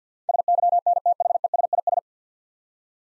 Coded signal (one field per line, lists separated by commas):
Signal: Morse code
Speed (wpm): 50 wpm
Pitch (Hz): 700 Hz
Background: none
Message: SYNTHESIS